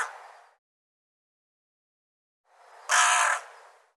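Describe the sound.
Bird gives two rough, harsh calls: a fading one at the start and a louder one near the end.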